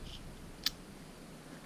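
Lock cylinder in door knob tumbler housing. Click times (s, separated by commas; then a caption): 0.7 s. A lock cylinder is reinserted into a Kwikset door knob's tumbler housing and turned until its retainer clicks home. Over a quiet background, a single sharp click sounds at 0.7 s as the cylinder seats in place.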